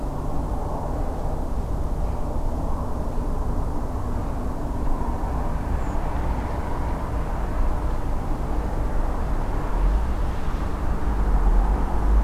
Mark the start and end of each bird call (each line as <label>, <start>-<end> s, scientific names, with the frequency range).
Turdus iliacus (6.5-8.4 kHz), 5.79-5.95 s